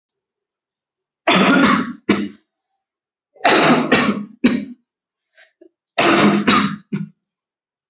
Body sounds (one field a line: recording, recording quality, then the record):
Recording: shallow voluntary cough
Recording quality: excellent, no background noise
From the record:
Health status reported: respiratory illness, not identified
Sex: male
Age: 21 years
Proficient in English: yes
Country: India